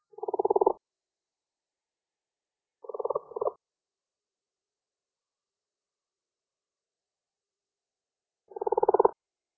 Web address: ranidae Lithobates-brownorum